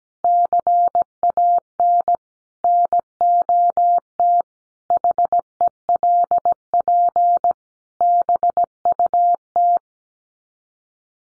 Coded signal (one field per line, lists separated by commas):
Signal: Morse code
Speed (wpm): 17 wpm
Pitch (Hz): 700 Hz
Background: none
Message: CAN NOT HELP BUT